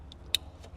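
A plastic wiring-harness connector for an audio upgrade on a 2024 Toyota Land Cruiser "1958" is pushed into its factory mating socket. A faint tick comes at 0.1 s, then a sharp, bright snap at 0.3 s over a low steady hum. The connector clips into place and is seated.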